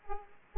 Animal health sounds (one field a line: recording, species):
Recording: mosquito wingbeat signal from an infrared sensor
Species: Aedes aegypti